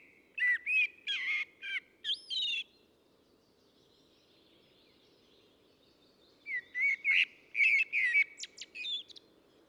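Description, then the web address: Common blackbird song: two mellow, warbled phrases of fluty notes, each ending in higher squeaky twitters, with a few seconds of quiet between them over a low steady hum. "assistens Solsort"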